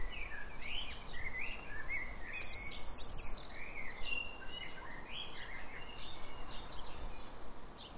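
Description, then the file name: Eurasian blue tit producing one sharp, very high phrase that drops into a quick trill, set among steady scattered chirps of other birds throughout. "Cyanistes caeruleus"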